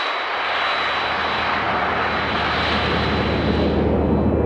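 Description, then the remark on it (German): Loud, steady jet exhaust roar from a 707 aircraft engine, arising 12 to 15 metres behind the engine in open air where cold air rubs apart the hot jet stream, heard near the rear of the cabin; a dense rushing rumble with a thin high-pitched whine from air entering the nozzle, and no voices. “Das ist lästiger, aber es entsteht nicht im Motor, sondern 12 bis 15 Meter hinter dem Motor im Freien, am hinteren Ende der Kabine etwa.”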